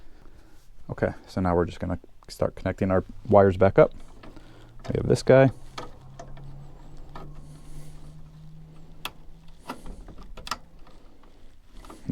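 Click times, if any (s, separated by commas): 9.1 s, 10.5 s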